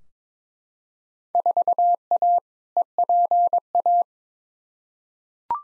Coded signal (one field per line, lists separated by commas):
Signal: Morse code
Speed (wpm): 21 wpm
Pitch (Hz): 700 Hz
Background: none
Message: 4A EPA